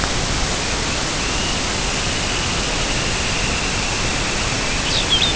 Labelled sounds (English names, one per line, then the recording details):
Dunlin
Lapland Longspur
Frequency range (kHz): Dunlin 1.8-3.5 kHz
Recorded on Arctic tundra, site UTQI-0, on 13 June 2019
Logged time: 00:00